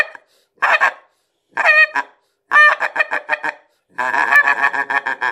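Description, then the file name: Greylag goose giving harsh nasal honks, short bursts at first, then longer runs of rapid repeated cackling notes. "серый-гусь"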